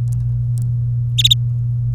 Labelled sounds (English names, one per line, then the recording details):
Domestic Canary song
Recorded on 24 April 2018 at 09:27
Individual llb3